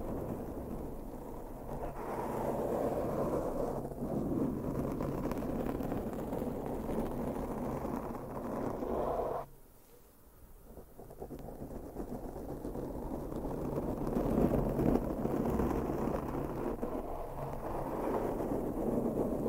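Intense brushing against a microphone, with no talking, fills the clip as a dense, low rustling roar that swells and rubs continuously. Just before the halfway point it drops out abruptly into near silence for about a second, then the scraping builds back up and continues steadily.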